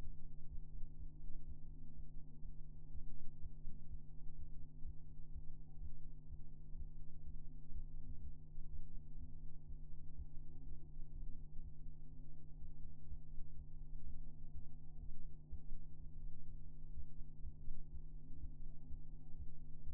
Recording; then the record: fetal heart sounds by stethoscope on the mother's abdomen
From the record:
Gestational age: 33 weeks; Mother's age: 21 years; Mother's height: 151 cm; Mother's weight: 51 kg